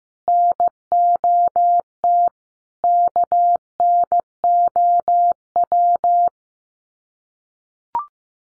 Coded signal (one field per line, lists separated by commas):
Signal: Morse code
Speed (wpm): 15 wpm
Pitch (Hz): 700 Hz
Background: none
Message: NOT KNOW